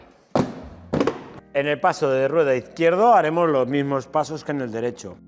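With the screw removed, a press-fit plastic section of the bumper on a 2020–2025 Citroën C5 Aircross Hybrid (PHEV) is pulled off the car body during a towbar and electrical kit installation. Its clips pop loose with sharp thunks at 0.4 s and 0.9 s, followed by a few lighter taps, and the section is released. Someone then talks.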